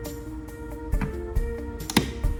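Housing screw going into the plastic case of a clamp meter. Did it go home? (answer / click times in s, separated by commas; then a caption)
yes / 1.9 s, 2.0 s. A housing screw is wound backwards in the plastic case of a clamp meter, with faint scraping turns over a steady background tone. It drops into the thread start with short clicks at 1.9 and 2.0 seconds, showing it has found the thread and seated.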